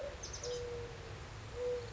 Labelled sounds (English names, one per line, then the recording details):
Mourning Dove
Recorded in Sonoma County, California